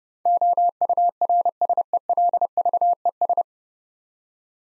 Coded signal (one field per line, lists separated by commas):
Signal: Morse code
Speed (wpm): 29 wpm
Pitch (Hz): 700 Hz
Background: none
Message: OURSELVES